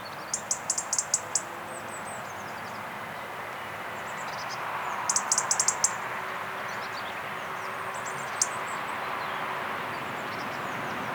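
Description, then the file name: European robin song in several phrases: quick runs of very high, sharp notes near the start and middle, then scattered thin, sliding notes, with a steady broad hiss throughout. "Erithacus rubecula"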